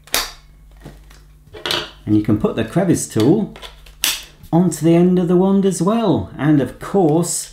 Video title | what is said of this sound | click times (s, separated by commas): Dyson V8 Cord Free Toy Vacuum By Casdon. Unboxing & Demonstration | and that fits on again with a nice click and | 0.1 s